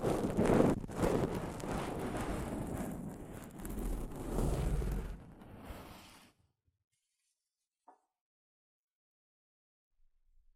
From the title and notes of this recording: ASMR Mic Brushing using Soft Fabric (No Talking).